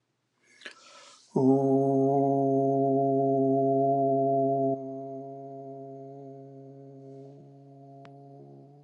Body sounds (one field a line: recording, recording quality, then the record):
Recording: sustained vowel as in boot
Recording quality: excellent, no background noise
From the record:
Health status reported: exposed to COVID-19, no respiratory illness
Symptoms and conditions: hypertension, diabetes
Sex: male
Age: 49 years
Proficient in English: yes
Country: United States